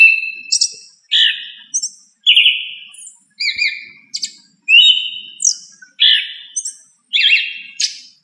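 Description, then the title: Thrush singing a varied song of clear whistled phrases, some long and level, separated by short pauses. "Familia Turdidae - Sabia"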